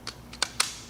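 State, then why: Seated. A pump motor's shaft coupler tang is lined up into a peristaltic pump assembly, where its grooves catch the offsets in the housing plate, and it is twisted until it snaps and locks. Faint ticks come at 0.1 and 0.3 s, then two sharp plastic clicks at 0.4 and 0.6 s. The motor is seated and locked in place.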